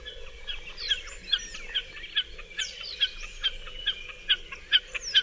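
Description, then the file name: Common snipe calling with evenly spaced, sharp ticking notes about twice per second, a few faint bird notes around them. "Kszyk"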